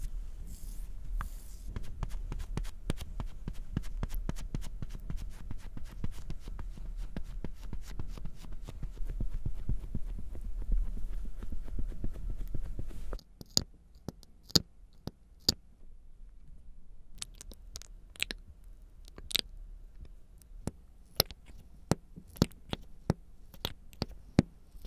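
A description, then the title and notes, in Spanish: Mouth sounds and sticky hand noises form dense wet clicking over a low rumble, thinning after thirteen seconds into sparse, sharp clicks. Sonidos de boca y algunos de manos y miel.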